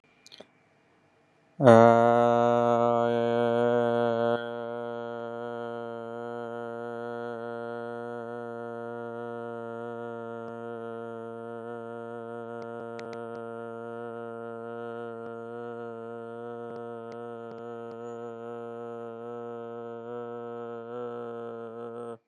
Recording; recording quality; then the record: sustained vowel as in made; excellent, no background noise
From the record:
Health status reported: healthy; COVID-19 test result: negative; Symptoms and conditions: cold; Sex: male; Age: 48 years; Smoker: not ticked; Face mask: worn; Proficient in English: yes